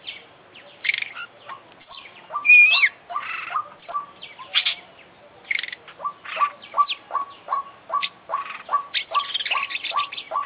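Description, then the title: Oriental magpie-robin song, a varied run of whistles and harsh notes, with a steady series of short repeated notes. Competition magpie-robin described as an international champion, singing a long full song with complete mimicked fill-in phrases. "KICAU KACER JUARA INTERNASIONAL FULL ISIAN KOMPLIT"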